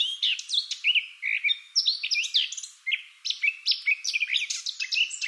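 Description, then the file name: Eurasian blackcap song, continuous lively warbling of varied short whistled notes sweeping up and down, with no other sounds. "Sylvia atricapilla"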